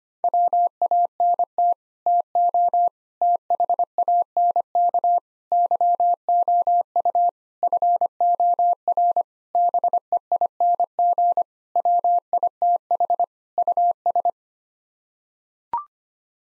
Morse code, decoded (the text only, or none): WANT TO THANK YOU FOR BEING WITH US